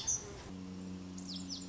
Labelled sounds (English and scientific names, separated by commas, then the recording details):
Lazuli Bunting (Passerina amoena)
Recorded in Sonoma County, California